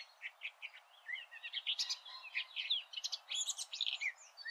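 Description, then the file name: Eurasian blackcap song, a rapid jumbled warble of varied chirps and whistled notes, continuous throughout. "Sylvia atricapilla"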